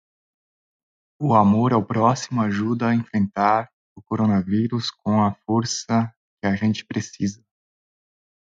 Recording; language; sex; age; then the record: spoken sentence; Brazilian Portuguese; male; 30 to 39 years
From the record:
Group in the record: control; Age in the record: 38 years